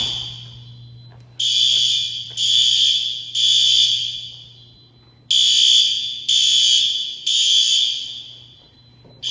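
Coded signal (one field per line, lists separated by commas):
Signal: alarm pattern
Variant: SpectrAlert horn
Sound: loud buzzing fire horn sounds three blasts, pauses, then three more blasts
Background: low electrical hum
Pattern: temporal three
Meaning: Temporal-three pattern signals building evacuation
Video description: Test of another Gamewell S3 panel with SpectrAlert Advances.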